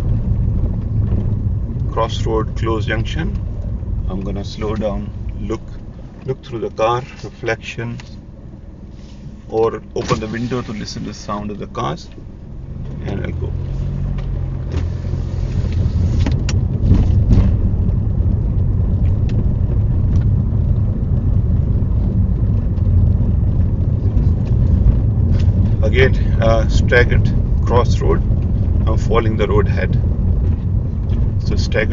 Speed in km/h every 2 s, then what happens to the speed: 15, 10, 3, 2, 0, 2, 11, 21, 23, 23, 23, 24, 24, 23, 23, 21.
0-5 slows to 2. 5-10 standing. 10-15 pulls away to 23. 15-24 steady at about 23.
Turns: none.